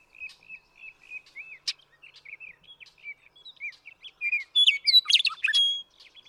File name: Western Meadowlark